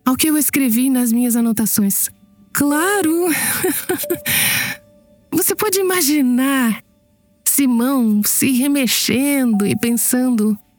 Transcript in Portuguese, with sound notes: Ao que eu escrevi nas minhas anotações: “Claro!” (risos) Você pode imaginar Simão se remexendo, pensando: